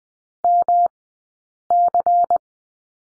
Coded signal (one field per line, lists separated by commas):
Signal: Morse code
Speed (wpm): 20 wpm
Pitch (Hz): 700 Hz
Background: none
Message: MC